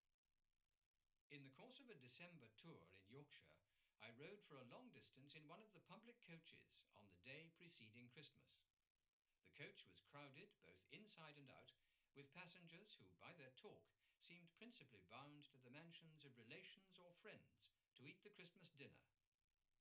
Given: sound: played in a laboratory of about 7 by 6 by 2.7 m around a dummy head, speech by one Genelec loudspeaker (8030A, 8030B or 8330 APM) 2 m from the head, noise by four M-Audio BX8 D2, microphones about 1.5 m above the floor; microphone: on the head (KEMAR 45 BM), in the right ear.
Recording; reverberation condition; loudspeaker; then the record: male speech in English; low; 30 degrees to the right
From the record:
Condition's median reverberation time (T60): about 310 ms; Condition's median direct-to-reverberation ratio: about 3.5 dB